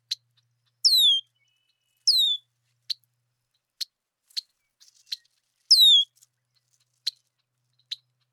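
Red-winged blackbird giving three falling whistled slurs mixed with short dry clicks or ticks scattered through the recording.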